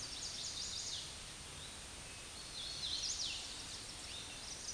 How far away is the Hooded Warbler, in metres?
about 30 m